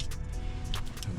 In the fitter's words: okay it's click make